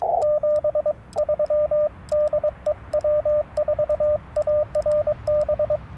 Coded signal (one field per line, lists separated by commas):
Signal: Morse code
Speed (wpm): 22 wpm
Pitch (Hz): 1200 Hz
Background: radio noise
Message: 73 DE W4ARB